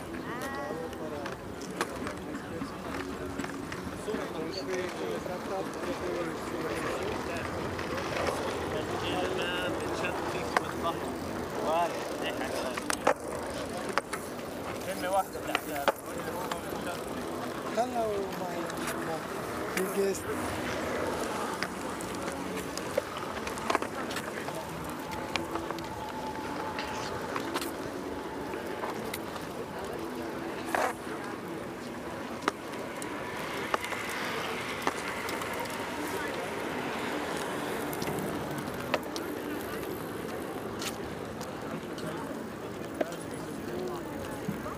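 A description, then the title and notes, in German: Hundreds of people go about their activities on Berlin's Tempelhofer Freiheit, a steady murmur of voices with rolling wheels and scattered sharp clicks. Diese Folge wurde auf der Tempelhofer Freiheit in Berlin aufgenommen. Hunderte Menschen gehen ihren Beschäftigungen nach. Vorbeiziehende spazierende Menschen geben kurze Gesprächsfetzen.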